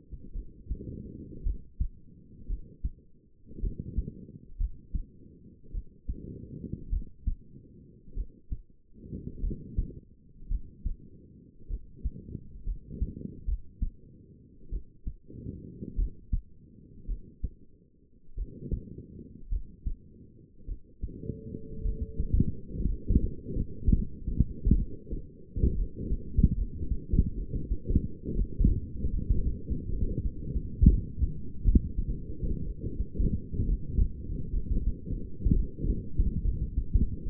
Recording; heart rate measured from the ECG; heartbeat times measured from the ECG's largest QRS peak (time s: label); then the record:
heart sounds by stethoscope; 59 bpm
0.33 s: heartbeat
1.44 s: heartbeat
2.48 s: heartbeat
3.61 s: heartbeat
4.58 s: heartbeat
5.72 s: heartbeat
6.90 s: heartbeat
8.15 s: heartbeat
9.41 s: heartbeat
10.49 s: heartbeat
11.68 s: heartbeat
12.65 s: heartbeat
13.46 s: heartbeat
14.70 s: heartbeat
15.96 s: heartbeat
17.07 s: heartbeat
18.36 s: heartbeat
19.50 s: heartbeat
20.66 s: heartbeat
21.83 s: heartbeat
22.87 s: heartbeat
23.91 s: heartbeat
24.76 s: heartbeat
25.76 s: heartbeat
26.56 s: heartbeat
27.36 s: heartbeat
28.36 s: heartbeat
29.12 s: heartbeat
29.91 s: heartbeat
30.88 s: heartbeat
31.64 s: heartbeat
32.65 s: heartbeat
33.67 s: heartbeat
34.52 s: heartbeat
35.54 s: heartbeat
36.43 s: heartbeat
37.24 s: heartbeat
From the record:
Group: healthy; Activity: rest 0-21 s, light exercise 21-37 s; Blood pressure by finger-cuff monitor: 108/64 mmHg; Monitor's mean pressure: 79 mmHg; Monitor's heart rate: 55 bpm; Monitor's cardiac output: 5.2 L/min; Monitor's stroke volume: 96 mL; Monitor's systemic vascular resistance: 1120 dyn s/cm5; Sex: female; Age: 28 years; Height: 170 cm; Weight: 77 kg